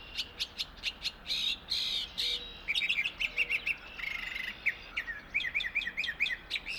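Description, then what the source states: Northern Mockingbird song with varied phrases, buzzy notes, rapid chatters and whistled runs, several notes repeated in series, against running water. Singing in an apple tree in a meadow at Finger Lakes National Forest, end of a morning exploration on 1 May, with a small stream rushing in the background.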